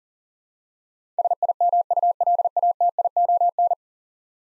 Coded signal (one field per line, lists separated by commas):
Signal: Morse code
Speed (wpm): 41 wpm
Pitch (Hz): 700 Hz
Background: none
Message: SIMULATION